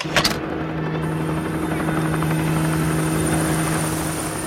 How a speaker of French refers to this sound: Dans le ciel au-dessus de Furiani, des hélicoptères rouges de la sécurité civile se rapprochent et se posent au centre du terrain. Puis ils redécollent emmenant des blessés.